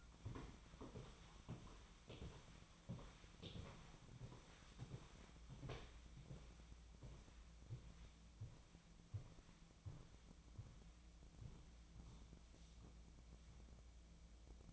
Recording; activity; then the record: daily activity, microphone in the room; walk to room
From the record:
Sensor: 1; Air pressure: 1010.2 hPa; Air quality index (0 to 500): 182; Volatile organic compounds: 15 ppm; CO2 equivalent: 2502 ppm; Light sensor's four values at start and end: 38/98/41/50 and 39/100/42/51